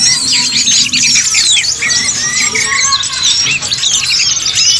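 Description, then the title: Birds chirping in a dense, busy chorus of many overlapping high, sharp notes and short trills, with no pause throughout. "SuaraBurung Kicau"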